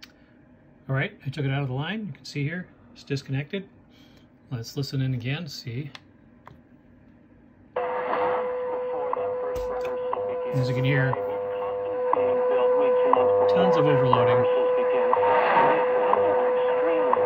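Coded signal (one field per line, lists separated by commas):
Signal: radio time signal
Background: speech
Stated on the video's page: WWV received on a Tecsun PL-600 with a 65 ft EFHW end-fed antenna and a Flamingo AM notch/highpass filter against MW overload.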